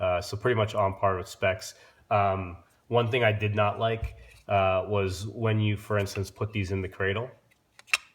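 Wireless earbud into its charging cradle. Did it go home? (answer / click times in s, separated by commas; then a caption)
yes / 7.9 s. Someone talks, then a wireless earbud from The Headphone is dropped into its charging cradle and pulled in by the magnet. A sharp click is heard at 7.9 seconds as it seats.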